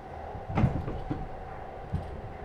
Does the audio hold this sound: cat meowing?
no